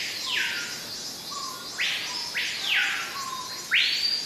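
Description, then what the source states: Cicada: high, even insect drone of cicadas runs without a break as birds call with repeated bright, curved whistles and quieter low notes. Cicadas in a forest, heard together with exotic birds.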